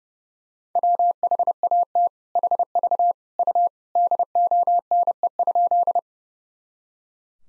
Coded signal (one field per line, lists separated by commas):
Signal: Morse code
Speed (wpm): 30 wpm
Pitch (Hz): 700 Hz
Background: none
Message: WHAT HV U DONE?